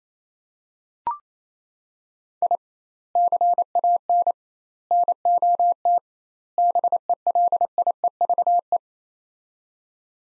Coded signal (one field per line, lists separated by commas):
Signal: Morse code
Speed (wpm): 28 wpm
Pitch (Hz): 700 Hz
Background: none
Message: I CAN NOT BELIEVE